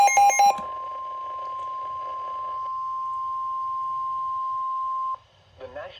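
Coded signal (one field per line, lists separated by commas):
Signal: Emergency Alert System (SAME) tones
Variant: 1050 Hz attention tone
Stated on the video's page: NOAA Weather Radio alerts: one Severe Thunderstorm Warning and two Tornado Warnings.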